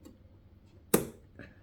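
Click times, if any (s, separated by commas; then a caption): 0.9 s. A child pushes a DDR4 memory module down into the second DIMM slot on a motherboard, pressing until the retention latch clicks as she was told to do. After a faint tick near 0.1 s and quiet handling, a sharp, bright click sounds at 0.9 s and rings briefly. The RAM stick is seated in the slot.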